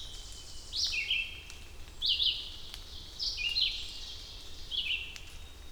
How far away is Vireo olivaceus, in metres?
about 20 m